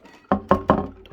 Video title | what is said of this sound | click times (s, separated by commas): 선풍기 꺼내서 청소했어요. 블링 블링 깨끗하지요? #보약남 | När jag vrider på den hörs ett "klick"-ljud. | 0.3 s